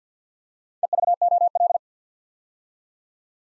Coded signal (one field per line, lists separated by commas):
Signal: Morse code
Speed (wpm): 50 wpm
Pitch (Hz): 700 Hz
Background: none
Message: EVOL